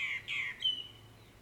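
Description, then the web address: Bird calls: two quick rough chirps followed by a thin, slightly falling whistle that fades out. Birds recorded in the morning, June 2009. "2009-06-morning-birds morningbirds"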